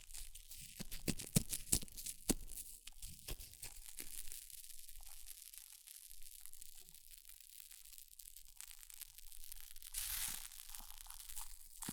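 Hair mousse fizzes and crackles, opening with a dense run of sharp snapping pops over the first few seconds. The popping thins into a quieter, steady bright hiss with scattered tiny crackles, then swells into a brief louder fizzing burst near the ten-second mark.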